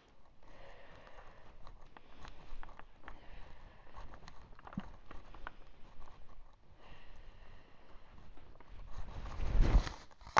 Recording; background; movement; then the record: deep breathing; quiet; walking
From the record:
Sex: female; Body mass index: 36.4 kg/m2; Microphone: on the chest, facing outward